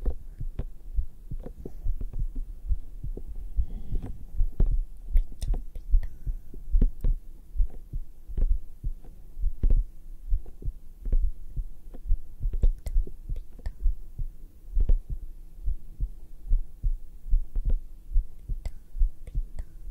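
Normal heart sounds of an adult woman, heard through a black 3Dio microphone pressed against the bare skin of her chest: steady, low-pitched heartbeat thumps.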